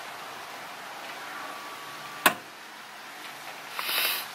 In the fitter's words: amigos por fin escucharon ese click esos son buenas noticias